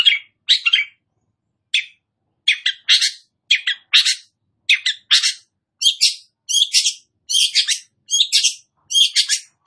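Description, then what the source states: Long-tailed shrike song: loud, harsh chattering bursts of notes in quick clusters, pausing briefly between groups and growing denser toward the end. Indonesian name Cendet; described as gacor, a vigorous, persistent singing style.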